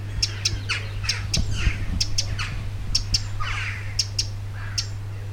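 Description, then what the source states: Wren contact calls, crisp ticks repeated irregularly, often in pairs, alongside rougher chirping calls and a low background hum. Loud contact calls; back garden; 25 June 2021, evening, 19:00 UTC.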